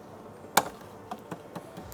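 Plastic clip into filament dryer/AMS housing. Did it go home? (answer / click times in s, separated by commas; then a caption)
yes / 0.6 s. A plastic clip is pushed down into its slot on an Eibos Tetras AMS filament dryer unit, pressed in firmly so it locks because there isn't enough spring for it to lock properly otherwise. It snaps home with a sharp click at 0.6 s, followed by fainter taps around 1.1, 1.3, 1.6 and 1.9 s. The clip is seated and locked in place.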